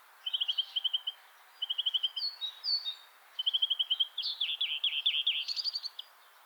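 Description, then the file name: European greenfinch song with several quick rattling trills, some high whistled notes and a run of descending chirps near the end. "Chloris chloris"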